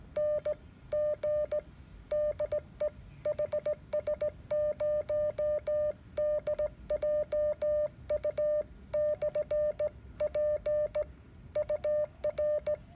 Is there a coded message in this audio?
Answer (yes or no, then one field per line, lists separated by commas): yes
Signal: Morse code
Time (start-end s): 0.2-12.8 s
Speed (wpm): 17 wpm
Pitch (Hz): 590 Hz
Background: none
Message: N G DE HS0DJU/P UR